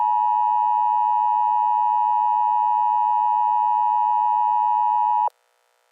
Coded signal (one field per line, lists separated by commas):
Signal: Emergency Alert System (SAME) tones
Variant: 853 and 960 Hz attention tone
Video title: EAS Scenario: Fire Tornado Warning